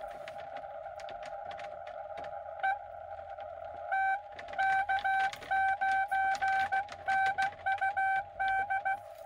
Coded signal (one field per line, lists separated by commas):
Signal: Morse code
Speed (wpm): 16 wpm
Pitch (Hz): 780 Hz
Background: none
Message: E T K9NUD